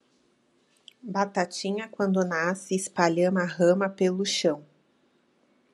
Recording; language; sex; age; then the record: short text; Brazilian Portuguese; female; 30 to 39 years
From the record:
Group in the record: control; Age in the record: 34 years